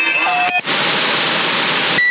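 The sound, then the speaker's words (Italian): Steady radio static hisses throughout, with a couple of clear high-pitched beeps at the start, a faint lower tone humming under the noise, and another beep right at the end. “No, si sente il bip più forte, però la radio è bassa.”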